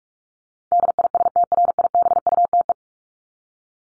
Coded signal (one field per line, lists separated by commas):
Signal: Morse code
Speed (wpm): 44 wpm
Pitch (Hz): 700 Hz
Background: none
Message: DISTRIBUTE